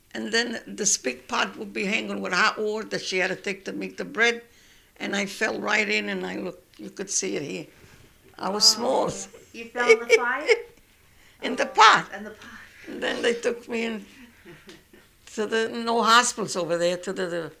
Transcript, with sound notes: and then this big pot would be hanging with hot water that she had to take to make the bread, and I fell right in and I - look, you could see it here. I was small. ( she laughs )
You fell in the fire?
In the pot.
In the pot.
Then they took me into the, no hospitals over there, to the